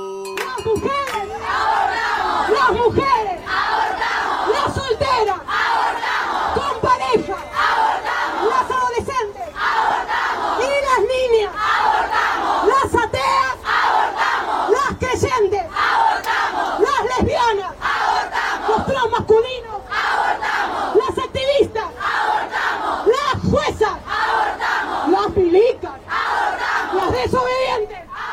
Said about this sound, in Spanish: Y así, con esos gritos, con esas canciones que escuchábamos al principio, que nos recuerdan cada vez que salimos a las calles, ahí presencia, que cada vez más personas estamos presentes exigiendo educación sexual para decidir